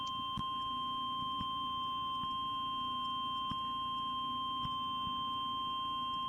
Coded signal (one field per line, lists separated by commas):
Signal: Emergency Alert System (SAME) tones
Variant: 1050 Hz attention tone